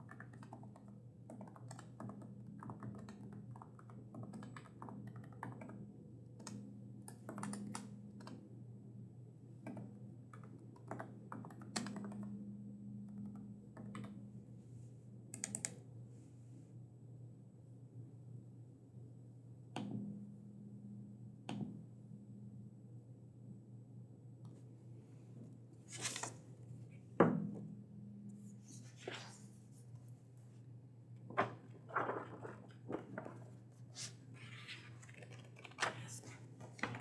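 A librarian checking and prepping books: scattered taps, clicks and light knocks of handling, irregular and often spaced a second or two apart, with a sharper bright thump near 26–27 seconds. A steady low hum runs underneath, with a faint murmur of voices at times.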